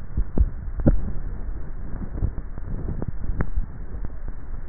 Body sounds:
swallowing sounds by neck microphone; 1
0.25-1.02 s: swallow
From the record:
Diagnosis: dysphagia

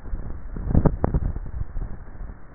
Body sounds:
swallowing sounds by neck microphone; 1
0.48-1.65 s: swallow
From the record:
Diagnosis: dysphagia

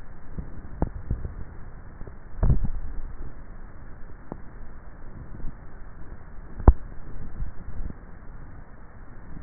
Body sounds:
swallowing sounds by neck microphone; 2
2.42-3.35 s: swallow
7.32-7.88 s: swallow
From the record:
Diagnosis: dysphagia

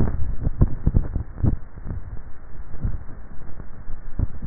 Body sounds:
swallowing sounds by neck microphone; 1
1.88-2.75 s: swallow
From the record:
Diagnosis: dysphagia

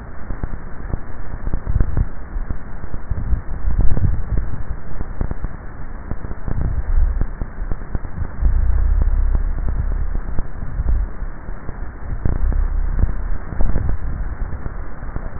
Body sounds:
swallowing sounds by neck microphone; 2
3.82-4.92 s: swallow
13.65-14.48 s: swallow
From the record:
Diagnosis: dysphagia

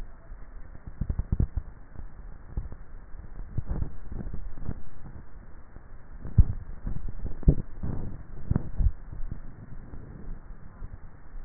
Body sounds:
swallowing sounds by neck microphone; 3
2.72-4.52 s: swallow
6.85-7.25 s: swallow
8.65-9.32 s: swallow
From the record:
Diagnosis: dysphagia

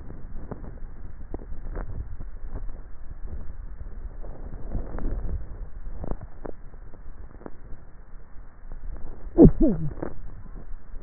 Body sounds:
swallowing sounds by neck microphone; 3
1.75-2.68 s: swallow
2.75-4.25 s: swallow
5.05-6.18 s: swallow
From the record:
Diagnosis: dysphagia

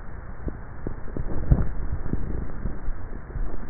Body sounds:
swallowing sounds by neck microphone; 1
1.25-2.10 s: swallow
From the record:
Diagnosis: dysphagia

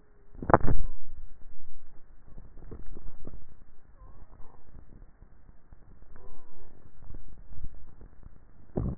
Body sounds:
swallowing sounds by neck microphone; 2
2.55-3.58 s: swallow
7.02-7.95 s: swallow
From the record:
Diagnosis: dysphagia

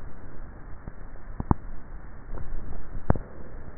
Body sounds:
swallowing sounds by neck microphone; 1
2.25-3.42 s: swallow
From the record:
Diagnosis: dysphagia

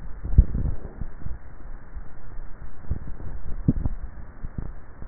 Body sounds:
swallowing sounds by neck microphone; 2
0.28-0.68 s: swallow
3.43-4.05 s: swallow
From the record:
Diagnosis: dysphagia

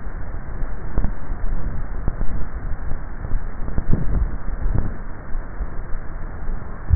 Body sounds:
swallowing sounds by neck microphone; 1
4.05-5.08 s: swallow
From the record:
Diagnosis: dysphagia

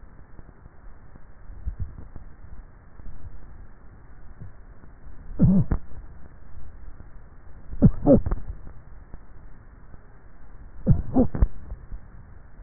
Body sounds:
swallowing sounds by neck microphone; 3
1.62-2.35 s: swallow
3.22-3.78 s: swallow
6.72-9.12 s: swallow
From the record:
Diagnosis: dysphagia

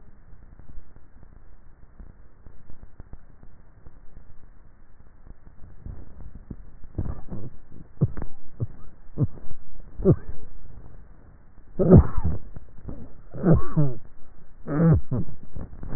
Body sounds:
swallowing sounds by neck microphone; 2
6.12-6.88 s: swallow
12.45-13.05 s: swallow
From the record:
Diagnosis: dysphagia

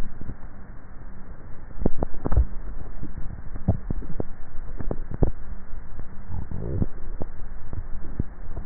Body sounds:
swallowing sounds by neck microphone; 3
2.22-2.98 s: swallow
3.72-4.05 s: swallow
7.65-8.05 s: swallow
From the record:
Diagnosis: dysphagia

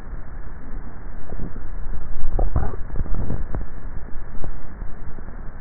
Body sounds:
swallowing sounds by neck microphone; 1
2.28-3.18 s: swallow
From the record:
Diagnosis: dysphagia

